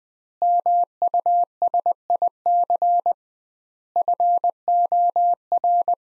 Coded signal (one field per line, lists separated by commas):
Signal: Morse code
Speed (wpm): 20 wpm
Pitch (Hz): 700 Hz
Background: none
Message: MUSIC FOR